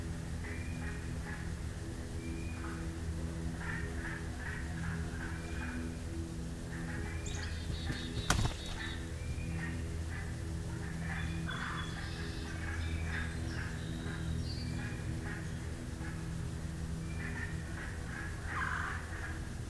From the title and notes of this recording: This morning we'll be taking a walk through the Beverly Swamp, listening for spring arrivals, and emerged frog species. Recorded, engineered, narrated and created by ….